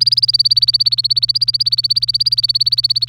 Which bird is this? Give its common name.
Domestic Canary